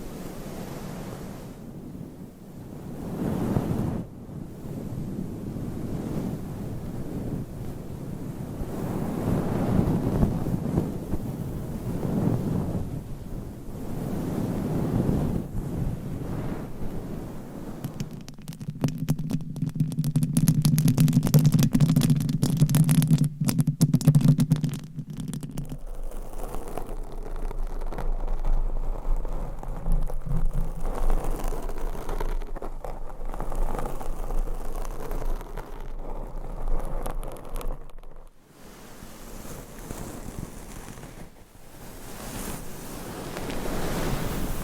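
Scratching and tapping of a massage, heard as soft, rolling strokes that swell and fade every few seconds through the first eighteen seconds. Around 18 to 25 seconds a steady low hum takes over, then quieter rubbing and brushing continue with a brief dropout near 38 seconds.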